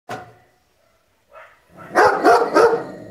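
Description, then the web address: Dog barking: two softer sounds first, then three rapid loud barks in quick succession. "cao a ladrar som de cao a ladrar ouvir"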